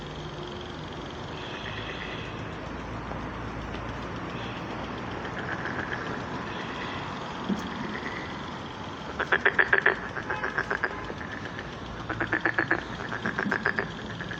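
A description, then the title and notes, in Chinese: Frogs calling at a pond on a spring evening. A steady low rumble and hiss runs throughout, with faint chirps early on, then loud rapid rattling pulse trains burst in around nine to eleven seconds and again from twelve seconds to the end. 春日晚塘蛙鸣。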